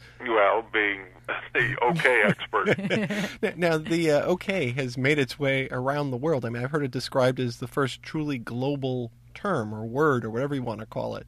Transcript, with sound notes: "Well, being the O.K. expert. (laughter)
"Now, O.K. has made its way around the world. I've heard it described as the first truly global term or word or whatever you want to call it."